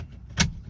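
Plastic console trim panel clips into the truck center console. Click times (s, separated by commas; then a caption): 0.4 s. A plastic center console trim panel is pressed down onto the center console of an F150 pickup truck. A single sharp, loud snap is heard at 0.4 s as its clips engage, over a low background rumble. The clips snap into place and the panel is seated.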